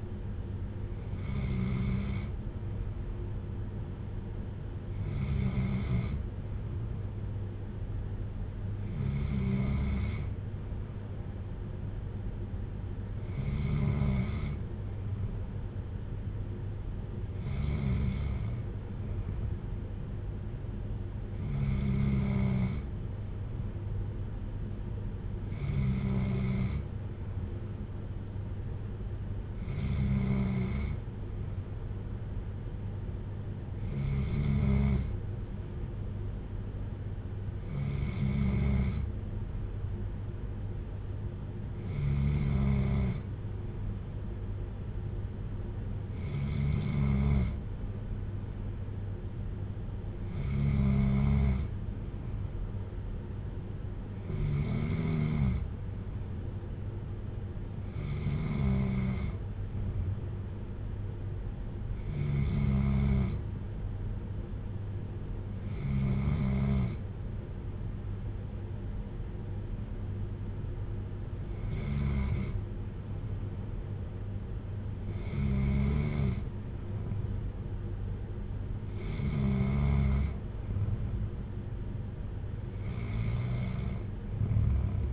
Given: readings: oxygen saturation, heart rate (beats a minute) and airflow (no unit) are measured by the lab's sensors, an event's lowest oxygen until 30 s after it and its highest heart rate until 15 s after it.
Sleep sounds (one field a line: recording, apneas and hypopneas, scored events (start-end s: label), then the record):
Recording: breathing in sleep by a smartphone at the bedside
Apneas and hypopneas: none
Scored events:
none scored
From the record:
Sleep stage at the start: N2 (light sleep)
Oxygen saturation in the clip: 94 to 95%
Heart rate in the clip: 55 to 61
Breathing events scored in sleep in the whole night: 310 in 8.1 hours asleep